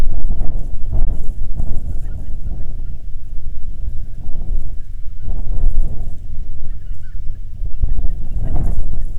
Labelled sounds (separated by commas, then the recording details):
waterfowl, wind
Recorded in the Prudhoe Bay oil fields, Alaska, on 21 June 2019 at 10:51
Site 22